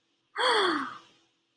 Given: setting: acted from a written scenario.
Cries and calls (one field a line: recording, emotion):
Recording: vocal sound without words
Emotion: positive surprise